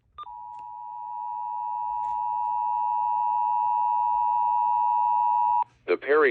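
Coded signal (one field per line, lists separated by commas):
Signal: Emergency Alert System (SAME) tones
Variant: 853 and 960 Hz attention tone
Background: speech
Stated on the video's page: Child Abduction Emergency alert tones broadcast on FM 88.9, marked found safe.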